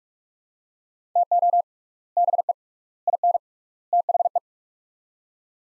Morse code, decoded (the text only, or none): TO BE IN THE